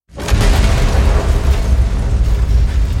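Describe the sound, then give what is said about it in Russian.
A deep, roaring explosion of spilled gas bursts in suddenly and keeps rumbling heavily for several seconds, loud and sustained, with dense low-end boom and crackling debris noise throughout. “Это взорвался разлитый Игнатом газ.”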